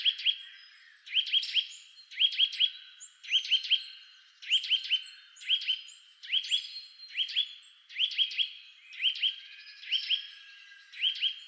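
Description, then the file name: Eurasian nuthatch calling in quick clusters of rising whistled notes, each burst of about three notes recurring roughly once a second. "Sitta europaea"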